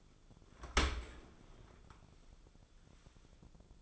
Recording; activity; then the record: daily activity, microphone in the room; open dishwasher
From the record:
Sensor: 5